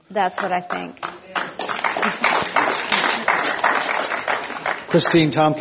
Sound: applause

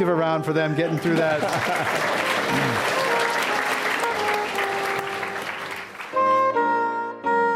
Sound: applause

